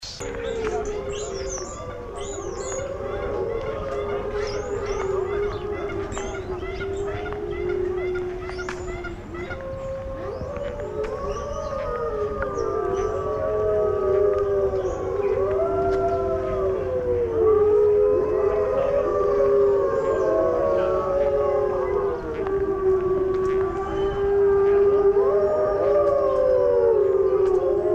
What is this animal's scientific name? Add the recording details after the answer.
Canis lupus. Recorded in captivity. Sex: group. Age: adult. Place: Zoo Berlin, Berlin, DE. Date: 1984-08-18 13:37. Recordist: Tembrock, Günter